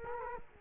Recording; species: mosquito wingbeat signal from an infrared sensor; Culex quinquefasciatus